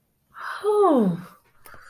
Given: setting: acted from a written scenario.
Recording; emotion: vocal sound without words; relief